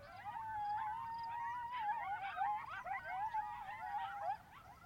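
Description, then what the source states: Coyote chorus of a steady high howl over a tangle of quavering yips and yelps from several animals, ending abruptly. Coyotes at dusk on a plateau at higher elevation, away from the marsh, at Columbia National Wildlife Refuge, on the final night.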